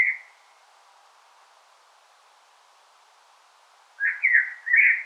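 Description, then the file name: Common blackbird: a cut-off fluty note at the start, then quiet, then a short burst of three warbled notes near the end. "Turdus merula"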